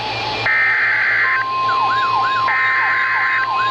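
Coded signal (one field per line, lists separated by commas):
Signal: Emergency Alert System (SAME) tones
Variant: header bursts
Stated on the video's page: Severe thunderstorm warning alert tones.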